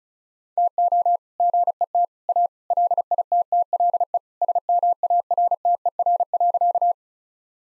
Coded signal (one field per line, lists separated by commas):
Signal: Morse code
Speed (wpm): 34 wpm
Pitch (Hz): 700 Hz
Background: none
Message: TO GET A LITTLE SMARTER.